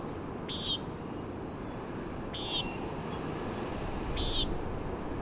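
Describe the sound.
Common Nighthawk giving three rasping peents spaced nearly two seconds apart, with a faint thin note between and a steady wash of wind and waves.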